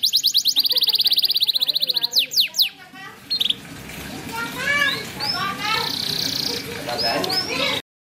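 Bird song: rapid high repeated notes and a few sharp slurs, then a mix of varied chirps and short upslurred whistles with a brief buzzy trill.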